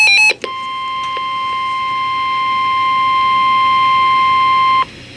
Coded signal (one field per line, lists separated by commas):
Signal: Emergency Alert System (SAME) tones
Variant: 1050 Hz attention tone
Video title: 5/13/2024: Convective EAS Alert Compilation (EAS #827-833)